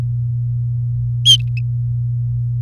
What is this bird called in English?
Domestic Canary